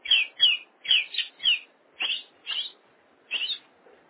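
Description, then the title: Oriental magpie-robin giving short whistled phrases, mostly down-slurred and slightly buzzy, repeated in quick succession with brief gaps between them. "Kacer"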